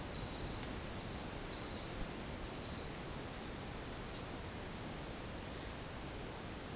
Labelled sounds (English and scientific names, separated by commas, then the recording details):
none
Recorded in dense forest near Puerto Asís, Putumayo, Colombia, on 18 February 2024 at 11:00
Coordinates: 0.486, -76.316
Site G6437